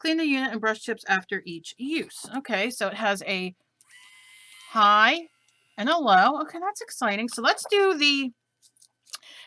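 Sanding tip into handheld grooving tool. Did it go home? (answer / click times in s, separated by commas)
yes / 9.1 s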